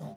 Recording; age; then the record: pig call; piglet (1 to 25 days)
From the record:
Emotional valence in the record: negative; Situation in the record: long isolation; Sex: female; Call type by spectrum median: low-frequency call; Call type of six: low-frequency tonal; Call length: 0.17 s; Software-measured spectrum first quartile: 170 Hz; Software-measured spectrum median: 305 Hz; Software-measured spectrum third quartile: 725 Hz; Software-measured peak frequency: 167 Hz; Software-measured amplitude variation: 101 dB a second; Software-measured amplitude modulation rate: 14.9 a second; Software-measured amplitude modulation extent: 6.8 dB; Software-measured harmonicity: 2.9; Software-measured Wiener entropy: -0.29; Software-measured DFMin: 815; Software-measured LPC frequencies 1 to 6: 689, 1715, 3705, 5038, 5432, 6312 Hz